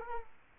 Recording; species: mosquito wingbeat signal from an infrared sensor; Culex quinquefasciatus